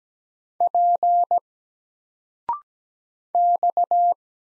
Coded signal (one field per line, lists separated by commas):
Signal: Morse code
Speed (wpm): 17 wpm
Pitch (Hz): 700 Hz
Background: none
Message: P X